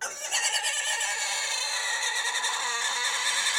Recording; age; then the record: pig call; weaner (32 to 43 days)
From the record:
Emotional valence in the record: negative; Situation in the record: restrain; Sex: male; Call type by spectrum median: high-frequency call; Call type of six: high-frequency stable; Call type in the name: high-frequency stable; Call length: 3.6 s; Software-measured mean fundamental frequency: 507 Hz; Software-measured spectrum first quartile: 2152 Hz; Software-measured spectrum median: 3775 Hz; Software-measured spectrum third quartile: 6420 Hz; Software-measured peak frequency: 1854 Hz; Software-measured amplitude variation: 105 dB a second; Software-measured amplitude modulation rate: 21.6 a second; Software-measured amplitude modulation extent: 4.9 dB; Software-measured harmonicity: 1.2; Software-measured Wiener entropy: -1.70